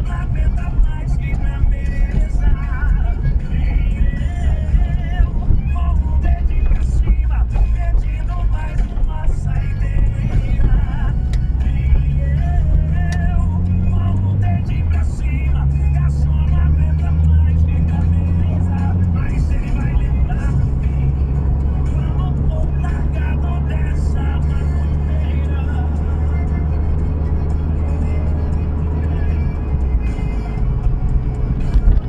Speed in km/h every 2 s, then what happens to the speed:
29, 33, 29, 23, 19, 33, 39, 45, 54, 60, 62, 67, 68, 70, 70, 69.
3-8 slows to 19. 8-26 speeds up to 70. 26-32 steady at about 70.